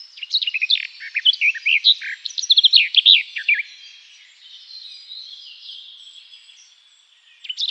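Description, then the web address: Garden Warbler song: a brisk warbling phrase of varied notes for about three seconds, trailing into a fainter, softer passage, then a brief final note. "Schulze Peter Garden Warbler song"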